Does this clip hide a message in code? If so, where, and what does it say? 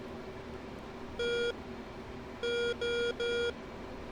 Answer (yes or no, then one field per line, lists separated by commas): no